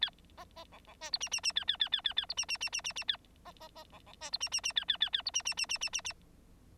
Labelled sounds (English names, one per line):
Bengalese Finch song